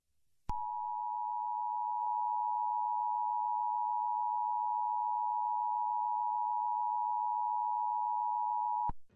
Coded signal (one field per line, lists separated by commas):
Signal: Emergency Alert System (SAME) tones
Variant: 853 and 960 Hz attention tone